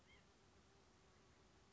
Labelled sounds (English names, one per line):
White-breasted Nuthatch